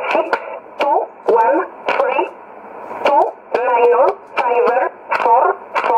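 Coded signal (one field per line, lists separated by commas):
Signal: numbers station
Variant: E11 Oblique, English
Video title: 12 06 2017 Numbers station E11 Oblique in English to Eu 0754 on 9610 in USB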